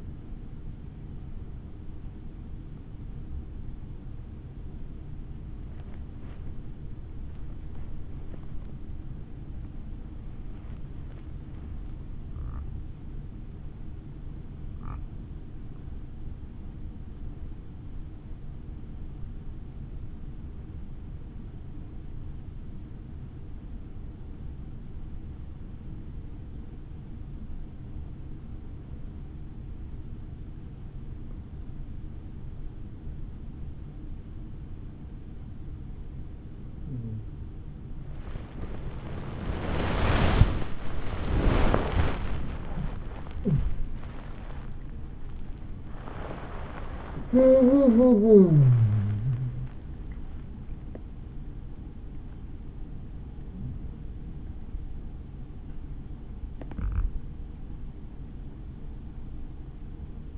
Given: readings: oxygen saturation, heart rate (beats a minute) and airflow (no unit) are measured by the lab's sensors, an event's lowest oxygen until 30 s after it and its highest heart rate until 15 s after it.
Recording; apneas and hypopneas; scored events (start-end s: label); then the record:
a person awake in a sleep study, by a smartphone at the bedside; 1
0.00-53.00 s: awake
21.00-34.00 s: hypopnea (scored as awake, oxygen 97% highest, then 94% lowest, heart rate 72 at the start, 77 highest)
48.00-60.38 s: new sleep stage, N1 (lightest sleep)
From the record:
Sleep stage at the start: awake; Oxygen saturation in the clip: 93 to 97%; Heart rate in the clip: 54 to 80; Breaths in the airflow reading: 15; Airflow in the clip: -17.7 to 18.8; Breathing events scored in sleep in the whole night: 216 in 7.0 hours asleep